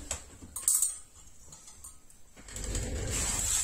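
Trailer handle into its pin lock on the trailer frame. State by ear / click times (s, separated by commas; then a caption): seated / 0.7 s. The second folding metal handle of a Vida XL bicycle trailer is spun round until its spring pin locks it into place on the trailer frame. After a couple of light taps near the start, a sharp click at 0.7 s marks the pin seating, and the handle is locked. Fainter ticks follow, then a steady broadband rustle builds from about 2.5 s to the end.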